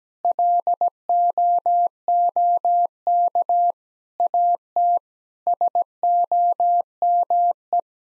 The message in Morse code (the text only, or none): LOOK AT SOME